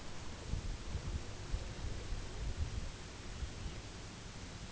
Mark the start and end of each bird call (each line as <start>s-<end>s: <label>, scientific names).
1.08s-4.12s: Calidris melanotos